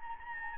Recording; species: mosquito wingbeat signal from an infrared sensor; Anopheles gambiae